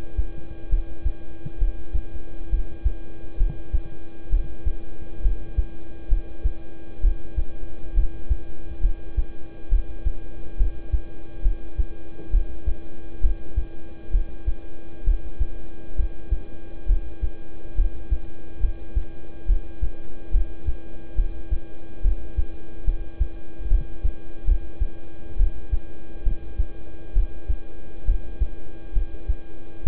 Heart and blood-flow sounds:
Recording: heart sounds by stethoscope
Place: between the tricuspid and mitral areas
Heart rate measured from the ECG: 68 bpm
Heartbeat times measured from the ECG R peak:
0.69 s: heartbeat
1.58 s: heartbeat
2.50 s: heartbeat
3.37 s: heartbeat
4.30 s: heartbeat
5.22 s: heartbeat
6.08 s: heartbeat
7.01 s: heartbeat
7.94 s: heartbeat
8.81 s: heartbeat
9.69 s: heartbeat
10.57 s: heartbeat
11.42 s: heartbeat
12.31 s: heartbeat
13.21 s: heartbeat
14.11 s: heartbeat
15.04 s: heartbeat
15.96 s: heartbeat
16.86 s: heartbeat
17.75 s: heartbeat
18.60 s: heartbeat
19.46 s: heartbeat
20.31 s: heartbeat
21.15 s: heartbeat
22.02 s: heartbeat
22.84 s: heartbeat
23.68 s: heartbeat
24.45 s: heartbeat
25.37 s: heartbeat
26.23 s: heartbeat
27.13 s: heartbeat
28.05 s: heartbeat
28.93 s: heartbeat
29.83 s: heartbeat
From the record:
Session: rest, lying down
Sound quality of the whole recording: good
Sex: male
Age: 26 years

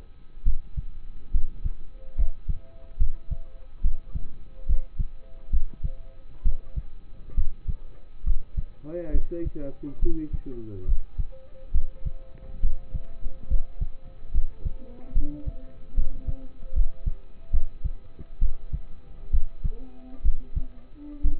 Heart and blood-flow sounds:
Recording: heart sounds by stethoscope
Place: between the tricuspid and mitral areas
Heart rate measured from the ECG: 69 bpm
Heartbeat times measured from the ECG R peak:
0.44 s: heartbeat
1.32 s: heartbeat
2.16 s: heartbeat
2.98 s: heartbeat
3.82 s: heartbeat
4.66 s: heartbeat
5.51 s: heartbeat
6.43 s: heartbeat
7.35 s: heartbeat
8.24 s: heartbeat
9.12 s: heartbeat
10.00 s: heartbeat
10.86 s: heartbeat
11.72 s: heartbeat
12.61 s: heartbeat
13.48 s: heartbeat
14.32 s: heartbeat
15.13 s: heartbeat
15.95 s: heartbeat
16.73 s: heartbeat
17.51 s: heartbeat
18.39 s: heartbeat
19.31 s: heartbeat
20.23 s: heartbeat
21.22 s: heartbeat
From the record:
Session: rest, lying down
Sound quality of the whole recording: partially saturated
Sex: male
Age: 27 years

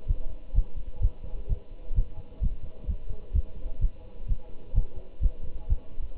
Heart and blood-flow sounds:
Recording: heart sounds by stethoscope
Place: between the tricuspid and mitral areas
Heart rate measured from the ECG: 128 bpm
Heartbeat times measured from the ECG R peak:
0.08 s: heartbeat
0.56 s: heartbeat
1.03 s: heartbeat
1.50 s: heartbeat
1.96 s: heartbeat
2.43 s: heartbeat
2.89 s: heartbeat
3.35 s: heartbeat
3.82 s: heartbeat
4.29 s: heartbeat
4.76 s: heartbeat
5.23 s: heartbeat
5.70 s: heartbeat
6.17 s: heartbeat
From the record:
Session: Bruce protocol treadmill stress test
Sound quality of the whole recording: good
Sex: male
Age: 25 years

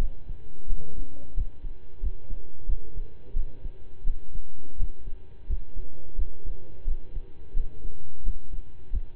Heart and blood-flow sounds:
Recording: heart sounds by stethoscope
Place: between the tricuspid and mitral areas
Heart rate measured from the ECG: 87 bpm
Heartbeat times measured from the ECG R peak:
0.66 s: heartbeat
1.33 s: heartbeat
2.00 s: heartbeat
2.65 s: heartbeat
3.33 s: heartbeat
4.03 s: heartbeat
4.76 s: heartbeat
5.46 s: heartbeat
6.15 s: heartbeat
6.84 s: heartbeat
7.53 s: heartbeat
8.22 s: heartbeat
8.89 s: heartbeat
From the record:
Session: slow and fast walking with breaks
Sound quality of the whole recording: saturated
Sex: male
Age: 25 years

